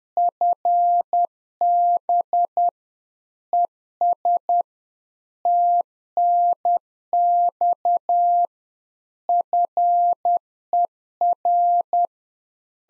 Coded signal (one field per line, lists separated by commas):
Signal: Morse code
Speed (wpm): 10 wpm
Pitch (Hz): 700 Hz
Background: none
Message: FB ES TNX FER